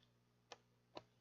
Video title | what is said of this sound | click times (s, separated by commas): Live Creating a Gothic Rose Halloween Junk Journal Part 2 | this has magnets in it I don't know if you can kind of hear that click | 0.5 s, 1.0 s